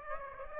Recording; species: mosquito wingbeat signal from an infrared sensor; Aedes aegypti